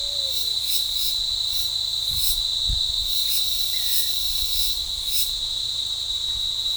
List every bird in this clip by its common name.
none